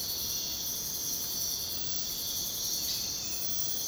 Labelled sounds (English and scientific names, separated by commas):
none